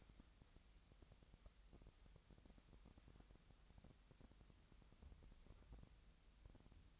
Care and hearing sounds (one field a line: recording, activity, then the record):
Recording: daily activity, microphone in the room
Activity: wipe stove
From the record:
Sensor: 3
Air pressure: 1003.3 hPa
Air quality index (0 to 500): 200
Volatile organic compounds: 7 ppm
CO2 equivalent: 1956 ppm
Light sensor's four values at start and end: 10/25/10/11 and 10/25/10/11